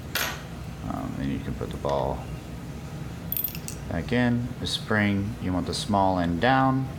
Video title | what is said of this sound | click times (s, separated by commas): Phoenix Equipment-3000 Catalyst Pump Rebuild | just the bottom of the pick I just push it down until it clicks and you | 0.1 s